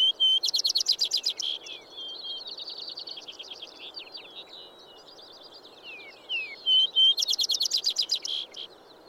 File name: Vesper Sparrow